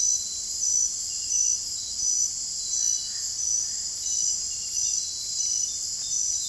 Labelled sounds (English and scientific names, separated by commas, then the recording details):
none
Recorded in dense forest near Puerto Asís, Putumayo, Colombia, on 22 June 2025 at 23:00
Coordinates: 0.503, -76.323
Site G059